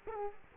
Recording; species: mosquito wingbeat signal from an infrared sensor; Culex quinquefasciatus